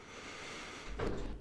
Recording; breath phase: one breath near a microphone; inhalation